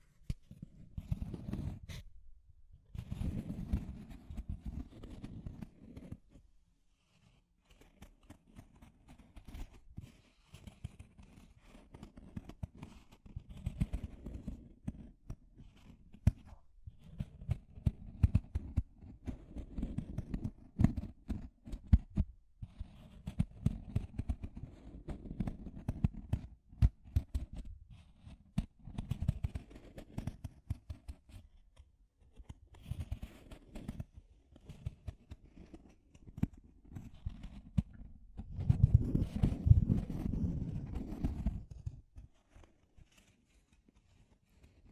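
Deep scratching sounds, low and gritty, come in dense bursts of rapid strokes with short pauses between them. The texture stays rough and crackly throughout, with brief silences near 3 and 7 seconds and a heavier, fuller burst around 39–41 seconds.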